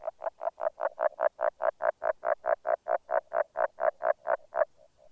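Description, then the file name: Agile frog giving a steady string of many knocking notes, ending with a couple of softer ones. "Grenouille agile"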